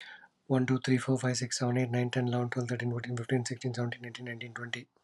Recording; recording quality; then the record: counting at a fast pace; excellent, no background noise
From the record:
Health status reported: healthy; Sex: male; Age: 44 years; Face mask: not worn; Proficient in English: yes